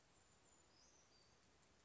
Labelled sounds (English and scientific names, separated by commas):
Brown Creeper (Certhia americana)